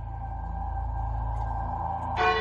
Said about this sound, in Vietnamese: Bạch Thế Bảo sau đó vung tay mạnh lắc lạc hồn chung, khiến tiếng chuông vang lên dữ dội. Âm âm âm.